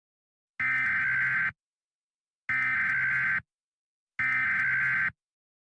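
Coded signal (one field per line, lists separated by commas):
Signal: Emergency Alert System (SAME) tones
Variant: header bursts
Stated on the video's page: Fictional EAS scenario, simulated alert.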